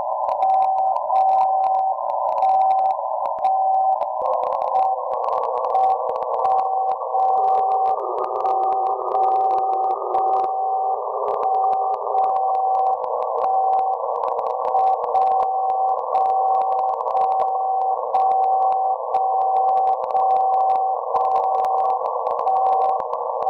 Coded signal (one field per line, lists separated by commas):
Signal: radio time signal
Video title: 60 KHZ Time signal Way down low band stuff